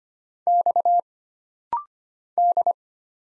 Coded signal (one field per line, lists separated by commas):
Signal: Morse code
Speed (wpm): 25 wpm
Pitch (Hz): 700 Hz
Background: none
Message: X D